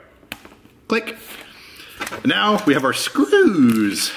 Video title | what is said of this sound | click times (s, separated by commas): VLOG 400 PART 1: fixing MORE macbooks! | all right here you go click | 0.3 s